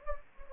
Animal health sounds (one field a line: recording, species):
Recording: mosquito wingbeat signal from an infrared sensor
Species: Anopheles gambiae